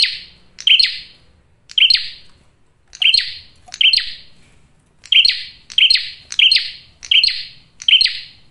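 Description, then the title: Prinia giving loud, high chirps in irregular bursts separated by short silences, some notes paired closely together. Male prenjak singing loudly and clearly in a tight series; used as a trapping lure (pikat) and to attract females (pancingan betina). "Masteran Duet Cililin Vs Kapas Tembak. PRENJAK JANTAN GACOR SUARA JERNIH, RAPET. " COCOK UNTUK PIKAT MAUPUN PANCINGAN BETINA ""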